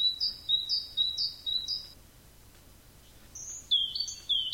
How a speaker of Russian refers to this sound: Заря холоднее и багровее, туман припадает ниц, уже в облетевшей дуброве разносится звон синиц.